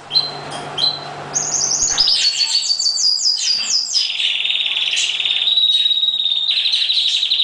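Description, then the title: Oriental magpie-robin giving scattered chirps, then a quick descending run of whistled notes leading into long, steady, buzzy trills at high pitch. "Kicau Kacer"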